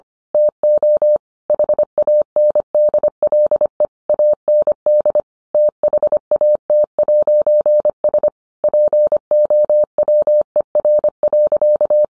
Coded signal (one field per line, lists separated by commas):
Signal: Morse code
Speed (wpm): 25 wpm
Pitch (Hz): 600 Hz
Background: none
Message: TO HANDLE AND THAT'S POWER.